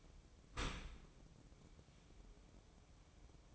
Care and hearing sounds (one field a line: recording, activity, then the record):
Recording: daily activity, microphone in the room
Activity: open dishwasher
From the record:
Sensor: 1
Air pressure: 1012.4 hPa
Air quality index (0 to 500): 169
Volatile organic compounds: 3 ppm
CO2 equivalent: 1380 ppm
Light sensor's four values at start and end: 502/1100/504/552 and 500/1097/502/550